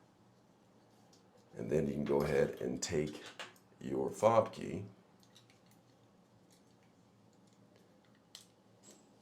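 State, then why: Seated. Someone talks, then the metal emergency key blade is pushed back into a Mini Countryman key fob housing after a battery change, with a few faint ticks around 5.2 to 5.5 seconds. A single sharp click at 8.4 seconds marks the blade locking into place in the fob.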